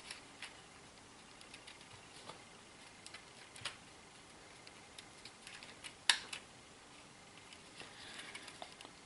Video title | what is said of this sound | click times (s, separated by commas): Passen die Beleuchtungen auch in die neuen Doppelstockwagen von Minitrix? Teil 2/3 | jetzt ist er quasi schon eingerastet | 6.1 s